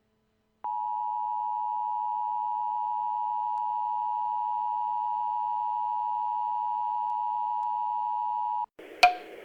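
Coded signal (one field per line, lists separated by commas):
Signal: Emergency Alert System (SAME) tones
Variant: 853 and 960 Hz attention tone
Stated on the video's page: Simulated EAS shelter-in-place warning for a hazardous material fire, showing how it may have sounded if broadcast.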